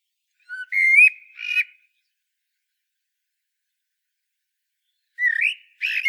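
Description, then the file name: Common blackbird whistling a short fluty phrase with a quick twitter, then silence, then two brief phrases near the end. "Turdus merula"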